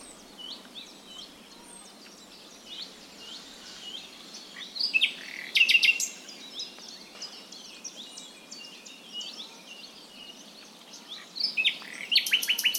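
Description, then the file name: Common nightingale singing: soft varied high twitters broken by two loud bursts of rapid, rattling repeated notes, one midway and one at the close. "Luscinia megarhynchos"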